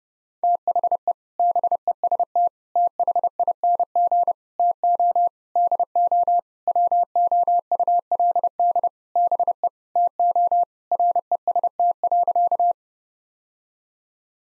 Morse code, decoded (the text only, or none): THE BEST THING TO DO WOULD BE TO REST.